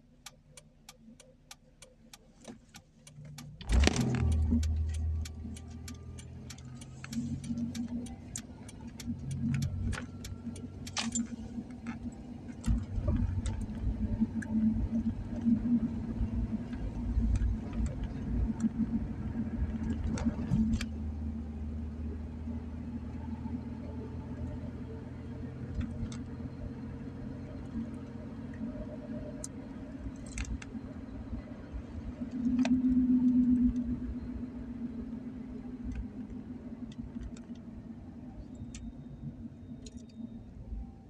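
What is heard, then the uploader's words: Driving: a car engine starts around four seconds and hums steadily with a low drone, scattered clicks and taps, swelling briefly near thirty-three seconds. Driving.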